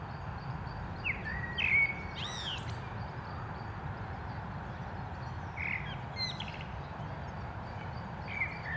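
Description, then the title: Common blackbird song, rich whistled phrases with scratchy high codas, in a few bursts, over a low traffic background. Canal dike at Anderlecht, Brussels-Capital, Belgium, with car traffic; recorded using a Lom mikroUsi Pro microphone into a Zoom F3. "Digue du Canal, Anderlecht, Bruxelles-Capitale, Belgique - Blackbird and cars"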